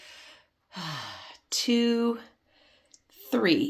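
A woman talks and breathes heavily while holding the purple button of a single-dose Mounjaro injector pen against her stomach, ready to trigger the needle; the pen is supposed to click when first pushed. The clip ends before the button goes home, and nothing has clicked yet.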